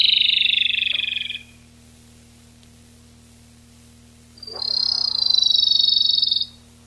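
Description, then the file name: Rufous-tailed robin singing: the tail of one fast pulsing trill, a pause of about three seconds, then a fresh high rattling trill that descends slightly. Recorded 19–22 July 1991. "Lsibilans 3 19-22 07 91"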